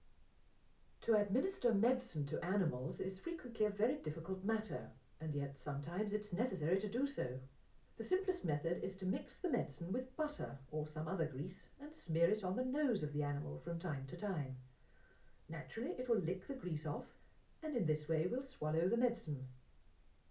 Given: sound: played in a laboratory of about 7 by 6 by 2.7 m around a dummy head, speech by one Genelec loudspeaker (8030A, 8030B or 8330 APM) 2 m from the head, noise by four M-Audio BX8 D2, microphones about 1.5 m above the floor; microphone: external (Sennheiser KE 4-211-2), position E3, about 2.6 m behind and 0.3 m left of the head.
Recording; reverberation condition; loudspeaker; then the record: female speech in English; low; in front (0 degrees)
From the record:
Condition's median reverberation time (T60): about 310 ms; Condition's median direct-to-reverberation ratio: about 3.5 dB